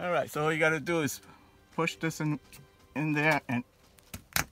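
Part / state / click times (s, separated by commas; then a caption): push-fit tee fitting onto copper water pipe / seated / 4.4 s. Someone talks while a push-to-connect tee fitting holding a water hammer arrestor is pushed onto a copper water pipe. Two faint taps come at about 4.0 and 4.1 seconds, then a sharp click at 4.4 seconds as the fitting seats on the pipe.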